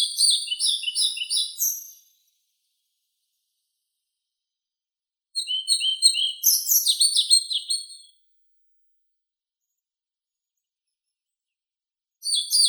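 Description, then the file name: European pied flycatcher song: brisk high chirpy phrases about two to three seconds long, repeated roughly every seven seconds with quiet gaps between. "Ficedula hypoleuca"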